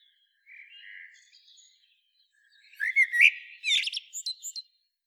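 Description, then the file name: Eurasian blackbird singing: soft, muted warbling at first, then a louder fluted phrase breaking into sharp high squeaky notes. "Turdus merula"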